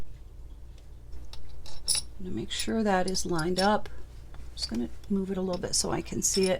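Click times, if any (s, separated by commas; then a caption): none. A metal watch case back is lined up by its notches on the watch case and moved slightly before being pressed down, with a few faint metallic taps while someone talks. Nothing has seated or clicked yet.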